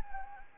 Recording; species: mosquito wingbeat signal from an infrared sensor; Anopheles gambiae